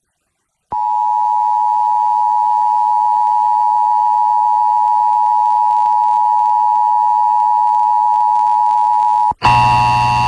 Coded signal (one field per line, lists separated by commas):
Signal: Emergency Alert System (SAME) tones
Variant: 853 and 960 Hz attention tone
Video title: EAS #562-565: 1 NWR and 3 EAS Required Monthly Tests- Oct. 21, 2021- 10:21AM PDT